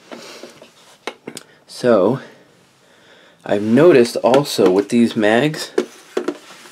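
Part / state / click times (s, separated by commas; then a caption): drum magazine into rifle magazine well / partly seated / 6.2 s, 6.3 s. Someone talks while a KCI 75-round AK drum magazine is pushed up into a rifle magazine well, with a few short knocks early on. Two sharp clicks at 6.2 and 6.3 s are the magazine catching on a part high up in the seat rather than latching. It is jammed up but not fully seated.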